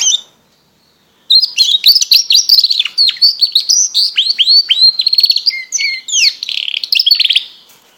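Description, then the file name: Border canary song: after a brief note and about a second of silence, a long fast run of varied whistled and trilled notes, with sweeping slurs and rapid buzzy rolls, continuing steadily to the end. "canto do canario border"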